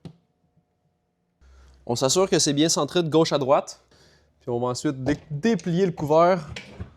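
A Haylhan hard folding cover is being fitted onto the rails of a truck bed: it is centred left to right before it gets unfolded panel by panel. Someone talks over a faint low hum, with small taps near the start and end. Nothing has seated or clicked into the rails yet.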